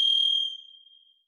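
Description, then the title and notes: Varied thrush note tail: a sustained, even-pitched whistle that is loud at first, then thins and fades out over about a second, in otherwise silent surroundings. Song in the Pacific Northwest, Washington, United States; parabolic single-species recording, processed for clarity with natural pace and rhythm kept. "Varied Thrush, clean. Varied Thrush, Ixoreus naevius, song. Recorded in the beautiful Pacific Northwest, Washington, United States"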